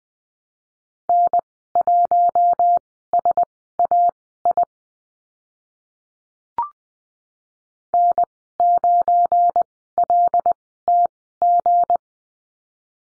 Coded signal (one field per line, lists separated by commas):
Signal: Morse code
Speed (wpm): 20 wpm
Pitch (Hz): 700 Hz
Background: none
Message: N1SAI N9LTG